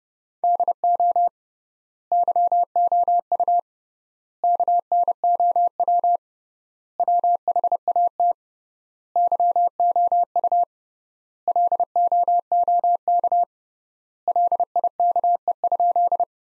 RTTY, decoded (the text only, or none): none